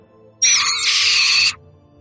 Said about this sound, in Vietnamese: Bỗng một con quạ từ trên nóc nhà bay ra, mồm kêu lên liên tục.